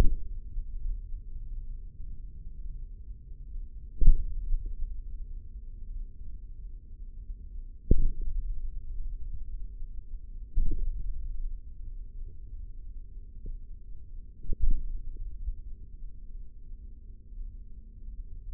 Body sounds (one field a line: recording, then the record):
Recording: forearm muscle sounds (acoustic myography)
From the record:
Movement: hand opening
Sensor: system 3, bracelet of six PUI Audio POM-2738L microphones around the upper forearm, with dedicated amplification and filtering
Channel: 3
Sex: male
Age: 55 years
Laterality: right